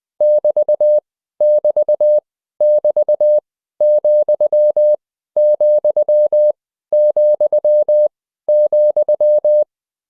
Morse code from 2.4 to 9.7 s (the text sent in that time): <BT> , , , ,